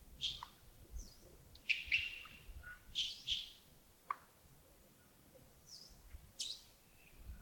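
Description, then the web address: Bird chirps, short sharp notes scattered irregularly, some in quick pairs, with a few fainter high squeaks between them. Birds recorded early in the morning at Yagongding (亚公顶) on 28 December 2025, around 07:40. "2025-12-28 亚公顶清晨 251228 074040 birds"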